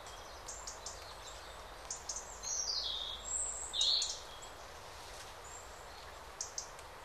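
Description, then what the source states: Bird song with two or three quick high twittering phrases in the middle, faint sharp chirps before and after, and a constant background hiss. Birds singing in a calm forest by day.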